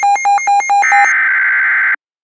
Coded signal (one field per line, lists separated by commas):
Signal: Emergency Alert System (SAME) tones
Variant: header bursts